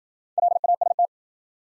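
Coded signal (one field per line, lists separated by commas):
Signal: Morse code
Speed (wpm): 53 wpm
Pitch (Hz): 700 Hz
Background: none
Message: LAST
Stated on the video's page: New-word Morse drill at 55 wpm: each word sent, spoken, then sent again for head-copy practice.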